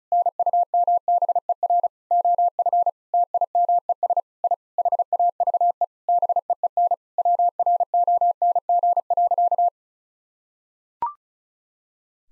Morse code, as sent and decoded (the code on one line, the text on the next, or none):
-. ..- -- -... . .-. / --- ..-. / - .. -- . ... / .. / .... .- ...- . / -... . . -. / .-- .-. --- -. --. .-.-.-
NUMBER OF TIMES I HAVE BEEN WRONG.